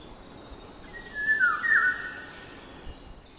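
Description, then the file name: Eurasian golden oriole delivering one mellow whistled phrase, against quiet background hiss. "Sykofagos"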